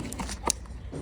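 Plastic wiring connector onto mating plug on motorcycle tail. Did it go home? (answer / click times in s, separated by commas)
no / none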